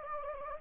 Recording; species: mosquito wingbeat signal from an infrared sensor; Anopheles gambiae